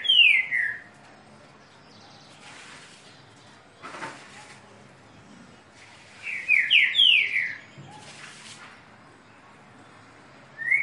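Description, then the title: Green-winged saltator song: short phrases of loud whistled notes, given at the start, near the middle and at the end, with brief rustling noises between phrases. "Canto De Trinca Ferro. TRINCA FERRO CANTANDO"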